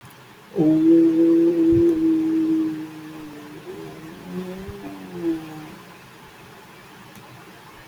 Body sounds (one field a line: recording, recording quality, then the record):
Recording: sustained vowel as in boot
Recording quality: moderate, slight background noise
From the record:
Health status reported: exposed to COVID-19, no respiratory illness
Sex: male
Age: 20 years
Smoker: no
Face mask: not worn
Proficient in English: yes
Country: India